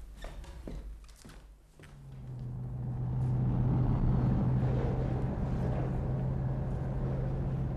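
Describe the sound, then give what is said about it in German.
In the evening, a few knocks and thuds, then a car engine starts up and settles into a steady low hum with a rushing rumble that swells louder and holds as the car is brought out of the garage. No talking. “Gut, ich hole den Wagen sofort aus der Garage.”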